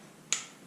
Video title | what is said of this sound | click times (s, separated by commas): Husqvarna TE 300i Steering Stem Bearings and Brake Rebuild | there's the click come back up click | 0.3 s